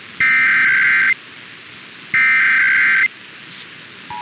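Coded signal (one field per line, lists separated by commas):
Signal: Emergency Alert System (SAME) tones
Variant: header bursts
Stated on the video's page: Weekly and monthly EAS tests caught off WHAS and others, including Orange and Washington monthly tests and the IPAWS weekly test.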